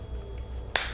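Someone squeezes the plastic quick-release buckle of a GoPro Hero 7 Black action camera mount, and it pops out of the clamp mount base. After a quiet stretch, a single sharp snap is heard at 0.8 s as the buckle releases from the mount.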